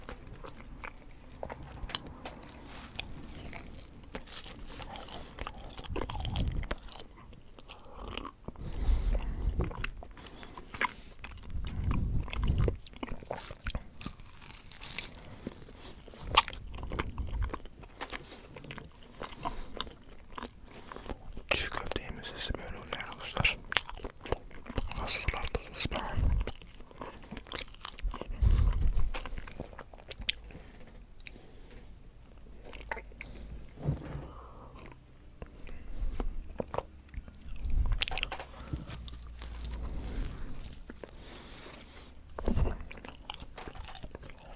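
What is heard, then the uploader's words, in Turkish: Someone eats çiğ köfte, with wet chewing, soft smacking and occasional crunchy bites running through the whole clip. The sounds come in dense, irregular bursts with brief pauses, heaviest around the middle. Çiğköfte Yeme Sesi Asmr.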